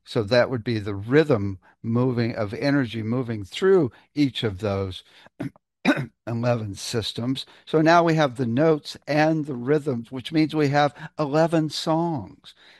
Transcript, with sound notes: so that would be the rhythm moving of energy, moving through each of those (clears throat) 11 systems. So now, we have the notes and the rhythms, which means we have 11 songs.